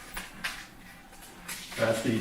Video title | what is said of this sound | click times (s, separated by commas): DTFF Presents: Stop The Bleed | up enemy pop right back on that's | 0.2 s, 0.4 s